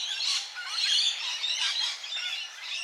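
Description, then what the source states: Budgerigar chatter: a dense, continuous stream of high squeaky warbles, chirps and scratchy notes running throughout without pause. Classic pet store parakeets; females may choose mates based on how their feathers reflect ultraviolet light.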